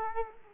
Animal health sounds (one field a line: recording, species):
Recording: mosquito wingbeat signal from an infrared sensor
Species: Culex quinquefasciatus